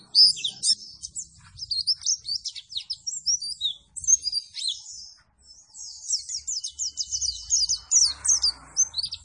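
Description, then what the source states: White-eye singing in fast, high-pitched twittering bursts, a short lull near the middle before the chattering resumes strongly. Singing energetically after being given a vitamin C supplement.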